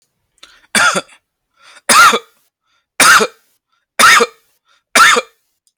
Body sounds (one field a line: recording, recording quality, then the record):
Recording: heavy voluntary cough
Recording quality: moderate, slight background noise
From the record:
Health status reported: healthy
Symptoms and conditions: none ticked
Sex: male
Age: 36 years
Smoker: not ticked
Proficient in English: yes